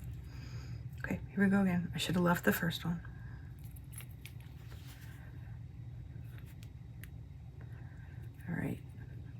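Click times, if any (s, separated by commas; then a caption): none. Someone talks while making another attempt to push a zipper pull onto the zipper teeth, with faint small ticks and handling noises in between. The clip ends before the pull goes home, and nothing has clicked or seated yet.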